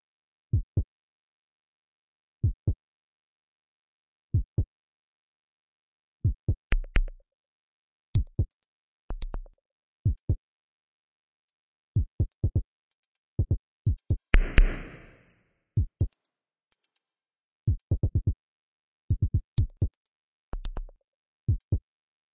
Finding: Aural heartbeat.